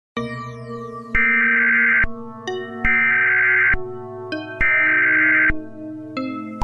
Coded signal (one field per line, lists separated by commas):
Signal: Emergency Alert System (SAME) tones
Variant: header bursts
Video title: EAS Scenario #96: Solar Eclipse: That’s No Moon